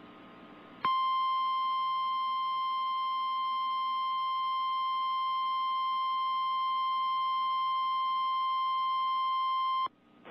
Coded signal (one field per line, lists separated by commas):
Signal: Emergency Alert System (SAME) tones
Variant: 1050 Hz attention tone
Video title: Virginia Tornado Drills! 3/7/24 (EAS #953 - 957)